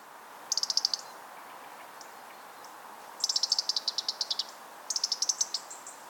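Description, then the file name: European robin ticking calls: three rapid bursts of sharp, high clicking notes, each a quick series of ticks lasting from half a second to just over a second, over a steady soft background hiss. "Erithacus rubecula"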